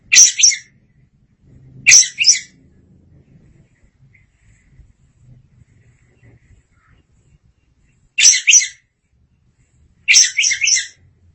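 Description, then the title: Oriental magpie-robin singing short bursts of rapid, buzzy high notes, two bursts early and two more near the end, separated by long silent pauses. Long-duration birdsong. "Suara Kicauan Burung Kacer Durasi Panjang"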